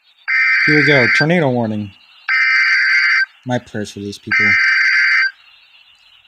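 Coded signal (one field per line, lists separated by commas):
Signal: Emergency Alert System (SAME) tones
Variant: header bursts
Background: speech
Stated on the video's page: Severe thunderstorm and tornado warnings for Arkansas received from NOAA weather radio station.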